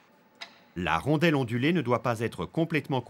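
A left crank bolt is tightened into the steel axle of an FSA BB386EVO bottom bracket in a Press Fit 30 road frame, using a torque wrench and a 10 mm hex key set to 38–41 Nm. A single sharp click at 0.4 s marks the wrench reaching its set torque. Someone then talks.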